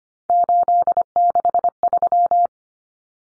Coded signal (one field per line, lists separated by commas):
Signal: Morse code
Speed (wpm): 25 wpm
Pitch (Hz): 700 Hz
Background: none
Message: 863